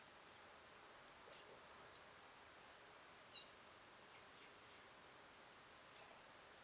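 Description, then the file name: European robin making high, thin calls, two loud sharp notes and several fainter, shorter chirps between them. "Erithacus rubecula"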